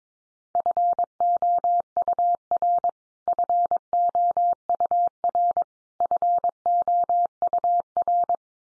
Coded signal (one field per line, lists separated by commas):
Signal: Morse code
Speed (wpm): 22 wpm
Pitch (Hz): 700 Hz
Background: none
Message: FOUR FOUR FOUR